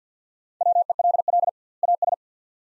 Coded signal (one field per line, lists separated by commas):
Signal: Morse code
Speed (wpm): 50 wpm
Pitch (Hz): 700 Hz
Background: none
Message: WELL AS